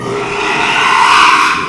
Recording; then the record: squeal of a Yucatan mini pig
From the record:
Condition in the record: after surgery on the right vocal fold (resection and tissue-engineered implant); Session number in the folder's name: 1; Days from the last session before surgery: 6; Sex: male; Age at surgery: 12 weeks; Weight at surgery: 13 kg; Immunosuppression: cyclosporine, prednisolone